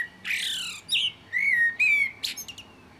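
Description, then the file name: Common blackbird song: a low fluted warble near mid pitch, then brief high squeaky twitters, in short phrases with gaps between. "Turdus merula"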